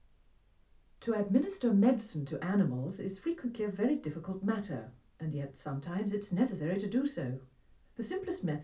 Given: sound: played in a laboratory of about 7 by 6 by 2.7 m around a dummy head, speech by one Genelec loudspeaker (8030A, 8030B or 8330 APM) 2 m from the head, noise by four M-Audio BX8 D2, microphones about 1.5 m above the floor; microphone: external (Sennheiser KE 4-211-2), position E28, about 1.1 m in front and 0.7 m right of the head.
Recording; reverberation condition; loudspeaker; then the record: female speech in English; low; 150 degrees to the right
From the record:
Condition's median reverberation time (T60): about 310 ms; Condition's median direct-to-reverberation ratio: about 3.5 dB